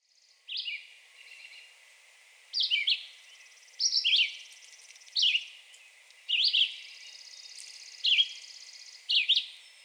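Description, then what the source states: Red-eyed Vireo singing brief, clipped whistled phrases separated by pauses of roughly a second, each phrase a quick slurred note. Recorded 2020-06-02.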